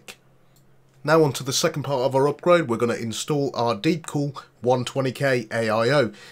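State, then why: Seated. A 6+2 pin PCIe power cable from the power supply is pushed into the graphics card's power socket until its plastic latch clicks, heard as a sharp tick at 0.1 s, confirming the connector is seated. After a brief quiet pause, someone talks for the rest of the clip.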